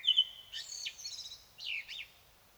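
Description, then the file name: Common blackbird song fragment: a short fluty note, then thin, high squeaky twittering in two bursts, with a quiet background. "Turdus merula"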